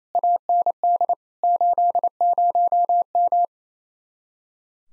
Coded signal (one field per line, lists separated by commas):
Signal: Morse code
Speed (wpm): 31 wpm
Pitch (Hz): 700 Hz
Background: none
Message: AND 80M